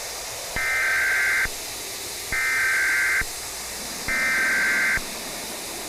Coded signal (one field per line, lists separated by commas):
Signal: Emergency Alert System (SAME) tones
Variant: header bursts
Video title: EAS Scenario: Emoji...cats? (Wtf did I make)